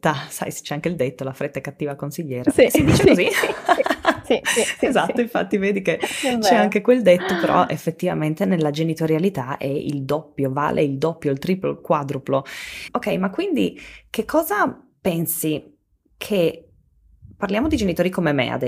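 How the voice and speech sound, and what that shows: Two adult women talk in Italian about parenting, with fluent, clearly voiced speech, light laughter and no disorder.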